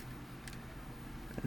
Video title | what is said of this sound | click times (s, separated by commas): Transformers Rise of the Beasts Studio Series Voyager Class RHINOX Video Review | and then bring them back they will lock in let's | 0.5 s